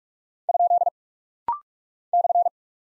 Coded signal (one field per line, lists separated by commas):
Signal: Morse code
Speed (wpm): 46 wpm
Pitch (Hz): 700 Hz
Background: none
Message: ? /